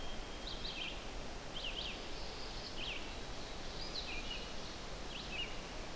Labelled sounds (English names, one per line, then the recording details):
Red-eyed Vireo song
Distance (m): 55 m
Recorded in boreal forest in Alberta, Canada, on 12 June 2016 at 05:45
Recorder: SongMeter 3, array SBT-3-18
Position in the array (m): 232 m, 100 m